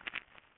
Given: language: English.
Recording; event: throat vibration sensor signal played as sound; swallow